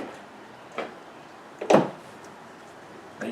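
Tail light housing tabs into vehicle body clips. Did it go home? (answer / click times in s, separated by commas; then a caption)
yes / 0.8 s, 3.2 s. On a 2006 Honda CR-V, during a no-brake-light repair, the tail light housing's plastic tabs are lined up and pushed into the vehicle body clips. Sharp snaps at 0.8 s and 3.2 s, with a louder broadband knock around 1.7 s, show the tabs seating into place.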